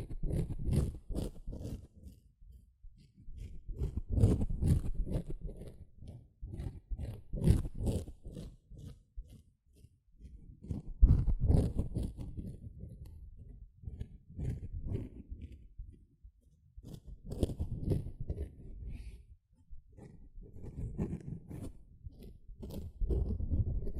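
Sponge being squished, scratched and brushed in repeated bursts, each a dense cluster of quick scratchy strokes with a soft, low squishy body and crackly upper edges. Bursts come every few seconds, separated by brief near-silent pauses, with the loudest around eleven seconds.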